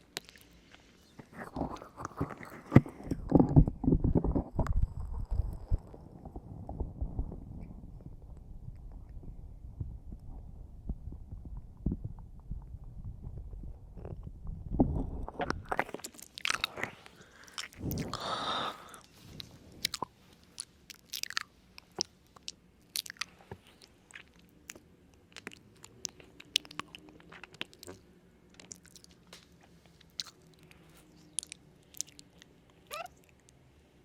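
Munching and crunching fill the first fifteen seconds with thick, low chewing sounds. A brief rustling burst follows, then the eating thins to scattered wet smacks and sharp clicks every second or two over a faint low hum.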